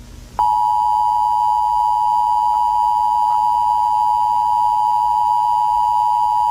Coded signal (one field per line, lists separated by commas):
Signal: Emergency Alert System (SAME) tones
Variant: 853 and 960 Hz attention tone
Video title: Eas broadcast